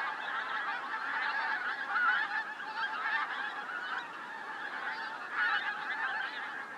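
Pink-footed goose: pink-footed geese calling together, a constant babble of nasal honks with occasional louder bursts, no other clear sounds.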